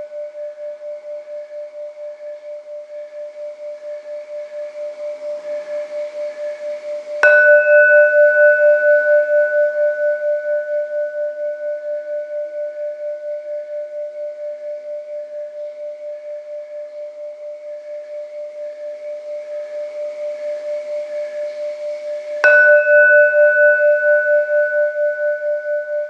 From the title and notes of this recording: 2023 Opening Ceremony - 108 bells by Paul Wilson.